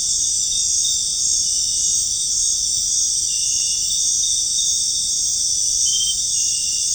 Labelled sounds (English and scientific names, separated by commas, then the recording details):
none
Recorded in dense forest near Puerto Asís, Putumayo, Colombia, on 22 June 2025 at 19:00
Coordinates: 0.481, -76.323
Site G072